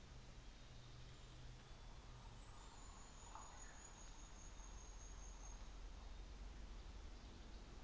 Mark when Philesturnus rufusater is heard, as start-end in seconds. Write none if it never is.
none